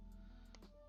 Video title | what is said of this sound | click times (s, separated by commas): Building Gundams Again! | Get a good audible snap when it happens. | 0.6 s